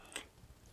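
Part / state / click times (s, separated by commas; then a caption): tablet into its keyboard case pogo-pin dock / not seated / none. A Samsung Galaxy Tab S9 tablet is handled against its keyboard case, with its bottom pogo pins lined up with the pogo-pin dock at the bottom of the case. A brief bright tick at 0.15 s rises over quiet handling noise and soft low thumps. Nothing has seated or snapped into place yet.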